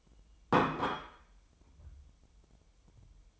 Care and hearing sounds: daily activity, microphone in the room; place plate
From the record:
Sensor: 1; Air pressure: 988.6 hPa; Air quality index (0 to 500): 197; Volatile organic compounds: 933 ppm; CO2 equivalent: 5232 ppm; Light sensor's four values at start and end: 25/93/35/36 and 25/93/35/36

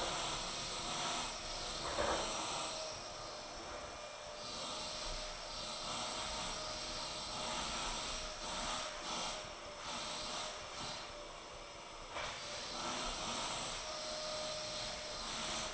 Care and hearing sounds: daily activity, microphone in the room; vacuum cleaning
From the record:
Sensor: 5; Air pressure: 999.4 hPa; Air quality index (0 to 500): 226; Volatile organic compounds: 23 ppm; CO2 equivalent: 2768 ppm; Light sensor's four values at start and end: 34/79/32/30 and 34/79/32/30

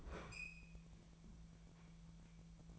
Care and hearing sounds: daily activity, microphone in the room; open fridge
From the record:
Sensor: 1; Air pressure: 1009.8 hPa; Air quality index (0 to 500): 191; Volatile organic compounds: 18 ppm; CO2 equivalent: 2614 ppm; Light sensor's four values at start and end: 33/85/36/43 and 33/85/36/43

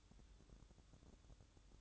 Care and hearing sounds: daily activity, microphone in the room; light off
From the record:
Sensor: 3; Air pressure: 1007.9 hPa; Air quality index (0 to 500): 85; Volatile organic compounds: 1 ppm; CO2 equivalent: 723 ppm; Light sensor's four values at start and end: 18/49/21/19 and 11/26/11/11

